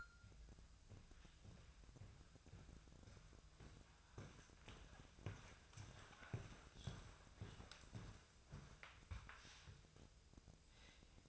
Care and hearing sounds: daily activity, microphone in the room; walk to room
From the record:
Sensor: 2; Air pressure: 999.3 hPa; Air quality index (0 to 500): 194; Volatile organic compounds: 26 ppm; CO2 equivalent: 2868 ppm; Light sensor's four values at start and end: 7/16/6/6 and 7/16/6/6

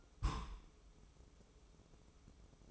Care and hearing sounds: daily activity, microphone in the room; place on stove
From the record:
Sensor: 1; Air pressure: 995.5 hPa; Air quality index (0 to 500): 30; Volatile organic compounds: 1 ppm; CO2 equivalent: 557 ppm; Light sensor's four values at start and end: 29/102/39/40 and 29/102/39/40

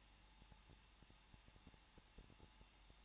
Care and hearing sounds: daily activity, microphone in the room; no activity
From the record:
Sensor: 1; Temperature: 20.0 degrees Celsius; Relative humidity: 39.5%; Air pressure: 1006.4 hPa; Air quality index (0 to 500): 220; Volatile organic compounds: 83 ppm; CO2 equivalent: 3635 ppm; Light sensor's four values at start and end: 1/2/1/1 and 1/2/1/1

